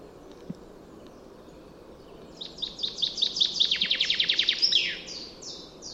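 Common chaffinch song: a high, accelerating series of descending notes ending in a flourish, followed by a few separate high notes, over low background noise.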